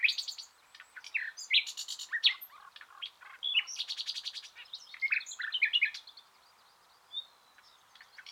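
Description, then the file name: Common nightingale song, a dense run of varied phrases: sharp chirps, buzzy trills and rapid repeated notes, broken by brief pauses. "Luscinia megarhynchos"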